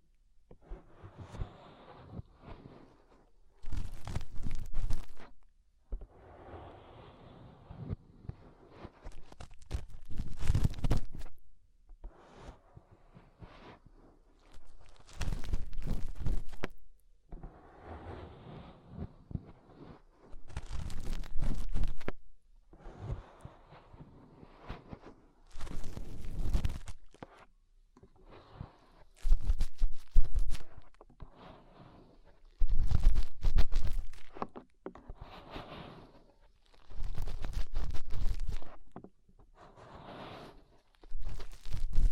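Fingers rub and scratch at the inner ear in repeated bursts, each a few seconds long with short quiet gaps between. The sound is a dense, rumbling, crackling scrape with sharp bright snaps at the start and end of most strokes, recurring steadily throughout.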